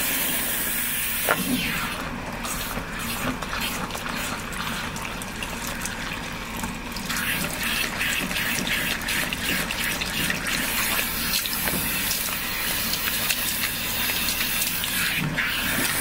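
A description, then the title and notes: Hair being shampooed and massaged, a steady wet rustle of water and lather with soft repeated squelches and brief bright splashes throughout. Gentle Shampoo and Massage. Today it's a shampoo, scalp massage, hair washing with no talking.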